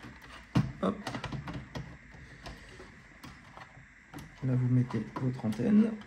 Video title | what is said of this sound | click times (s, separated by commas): Pauvre PS4 Slim 😢 une belle restauration complète | appuyez pour mettre la prise jusqu'à ce qu'on entende clic. | 0.5 s